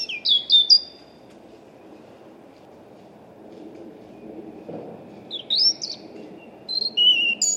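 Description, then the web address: European robin song in short bursts: quick high warbled notes at the start, a long quiet gap with faint low rumble, then more thin, sparkling phrases near the end. "Deverinetal 2025 Bird Only Er Ru"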